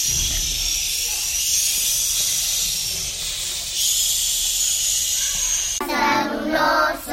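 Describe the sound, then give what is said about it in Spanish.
A steady, loud hissing rush of snowstorm wind blows throughout, shifting slightly in intensity, with a brief higher howling, whistling tone rising over it near the end. “Una tormenta de viento y nieve.”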